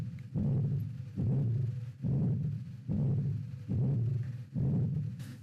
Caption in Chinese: 小儿心脏杂音。 依稀也能辨认出好像是有两声，但是有点模糊混在一起的感觉。 两个心音当中就痛贴当中你听到个呜呜呜这是很不正常的。 先天心脏病它往往在里面会有一些畸形，比如说狭窄或者是 有一个孔或者是瓣膜断裂产生的这样一些声音。